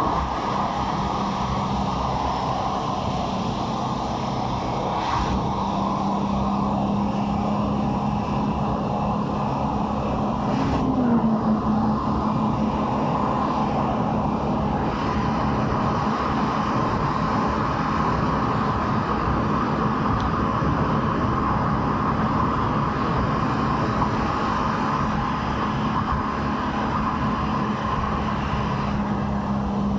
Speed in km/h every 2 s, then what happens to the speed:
70, 68, 68, 72, 73, 74, 75, 75, 75, 75, 76, 76, 76, 75, 72.
4-9 speeds up to 74. 9-25 steady at about 75.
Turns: none.